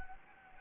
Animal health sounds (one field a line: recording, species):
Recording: mosquito wingbeat signal from an infrared sensor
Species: Anopheles gambiae